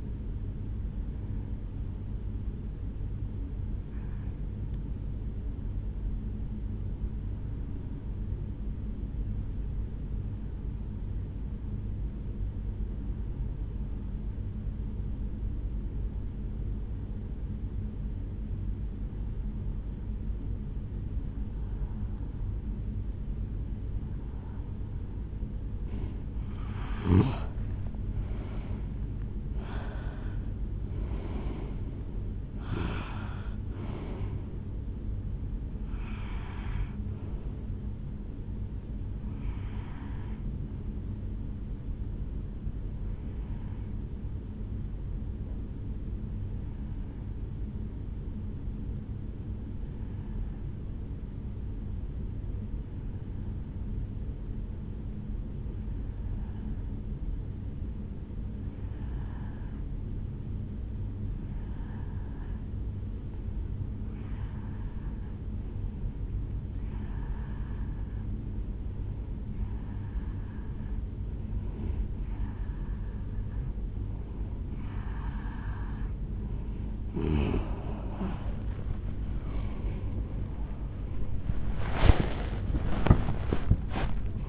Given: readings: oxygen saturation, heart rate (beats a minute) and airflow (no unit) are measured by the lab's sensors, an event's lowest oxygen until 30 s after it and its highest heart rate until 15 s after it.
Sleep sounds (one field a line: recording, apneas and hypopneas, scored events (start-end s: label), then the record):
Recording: breathing in sleep by a smartphone at the bedside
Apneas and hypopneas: 2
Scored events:
5.00-25.10 s: obstructive apnea (N1, oxygen 96% highest, then 89% lowest, heart rate 59 at the start, 73 highest)
49.00-63.10 s: obstructive apnea (N1, oxygen 95% highest, then 89% lowest, heart rate 60 at the start, 73 highest)
49.00-79.00 s: new sleep stage, N2 (light sleep)
79.00-84.49 s: new sleep stage, N1 (lightest sleep)
From the record:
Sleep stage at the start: N1 (lightest sleep)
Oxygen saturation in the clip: 89 to 96%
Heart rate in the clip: 58 to 74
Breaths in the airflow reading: 14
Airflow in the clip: -7.1 to 7.6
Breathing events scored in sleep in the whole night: 449 in 7.0 hours asleep